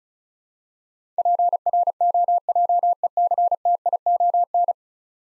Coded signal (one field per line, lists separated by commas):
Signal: Morse code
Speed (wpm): 36 wpm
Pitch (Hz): 700 Hz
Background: none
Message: PROJECTION